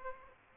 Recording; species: mosquito wingbeat signal from an infrared sensor; Aedes aegypti